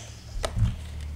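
A plastic Bluetooth speaker remote is slid onto its mounting bracket until it seats. A sharp, bright snap is heard at 0.4 seconds, followed by a low thump and fainter ticks. The remote is seated in its mount.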